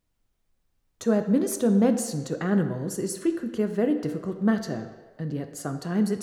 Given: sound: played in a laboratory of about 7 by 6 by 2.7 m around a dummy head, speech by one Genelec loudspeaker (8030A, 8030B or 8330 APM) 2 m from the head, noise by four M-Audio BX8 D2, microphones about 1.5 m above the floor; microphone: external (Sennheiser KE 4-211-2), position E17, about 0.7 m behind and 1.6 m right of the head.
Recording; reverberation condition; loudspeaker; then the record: female speech in English; high; 120 degrees to the right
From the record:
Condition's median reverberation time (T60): about 1300 ms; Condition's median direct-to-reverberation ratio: about -4.0 dB